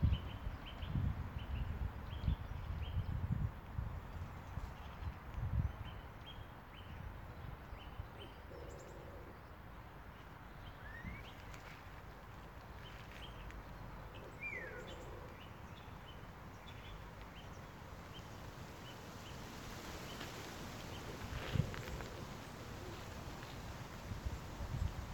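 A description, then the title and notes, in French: Wind blows steadily outdoors on a winter day, a low rushing hiss with stronger gusts and thumps near the start and again around 21 seconds. Scattered short bird chirps and a few rising whistles sound throughout. Bruit du vent et chants d'oiseaux un jour d'hiver.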